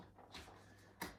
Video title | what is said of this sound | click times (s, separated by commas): Ergobaby Metro+: How to Remove / Mount the Seat Fabrics | slide it down until it clicks into place | 1.0 s